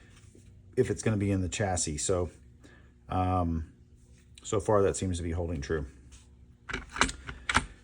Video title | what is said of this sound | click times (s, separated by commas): Recover Tactical P IX - What I like and and don't like | fits right in snaps into place | 7.5 s